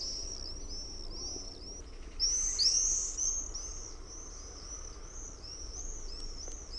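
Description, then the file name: Common Swift screams, a thin stream of high trilled calls with one louder close burst midway, over steady background noise. "TERVAPAASKY"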